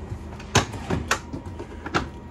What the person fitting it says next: two clicks and then i can actually pull that out